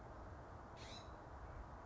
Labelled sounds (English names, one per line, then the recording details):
California Scrub-Jay
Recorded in Sonoma County, California